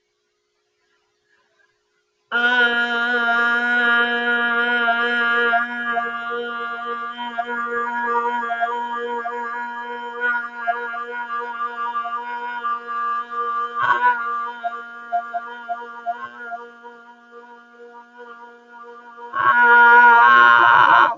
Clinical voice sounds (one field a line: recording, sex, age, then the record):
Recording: vowel held as long as possible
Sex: female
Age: 40 to 49 years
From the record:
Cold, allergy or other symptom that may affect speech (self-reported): no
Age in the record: 42 years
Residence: Pennsylvania, United States